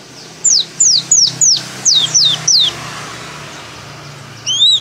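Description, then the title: White-eye song: seven sharp descending whistles in quick even succession, a short gap, then a single arched whistled note. Pleci dakun type from Merapi, singing open-beaked with continuous canary-like phrases. "Pleci Dakun Merapi Buka Paruh sambung Kenarian"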